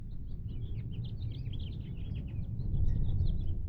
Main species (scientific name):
Haemorhous mexicanus